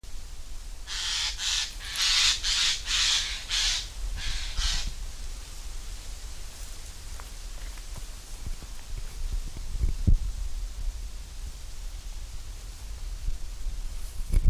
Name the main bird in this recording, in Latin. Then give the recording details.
Garrulus glandarius. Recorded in the wild. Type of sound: call. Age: adult. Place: Mühlenbeck, Brandenburg, DE. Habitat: wetland. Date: 1997-08-03 12:50. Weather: fair, 24°C. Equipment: Sony MD-WM MZ-R3, Sennheiser ME 80, K 30 AV, Kopie Uher 4000 Report Monitor. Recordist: Tembrock, Günter. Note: Rufe